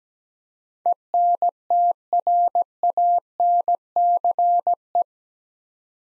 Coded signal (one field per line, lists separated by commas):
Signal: Morse code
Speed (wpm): 17 wpm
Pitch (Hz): 700 Hz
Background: none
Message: ENTRANCE